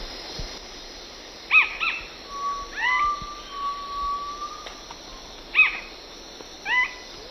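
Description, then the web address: Plain-crowned spinetail song: several short, harmonic-rich two-note phrases repeated at irregular intervals. Two birds singing; eastern lowlands of South America. "Natures Songs S America Eastern Lowlands. Synallaxis gujanensis, songs 2 birds"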